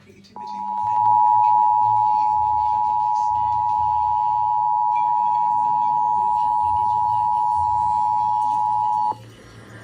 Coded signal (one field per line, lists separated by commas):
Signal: Emergency Alert System (SAME) tones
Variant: 853 and 960 Hz attention tone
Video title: Maryland May 2026 Statewide Required Monthly Test - EAS 99-102